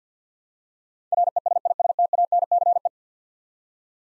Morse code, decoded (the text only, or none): RESISTANCE